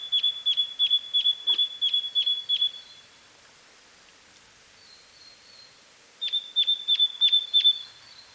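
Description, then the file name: Great tit calls in two bursts of rapid, evenly spaced high notes, about three per second, with a pause of a few seconds between the bursts. "Parus major"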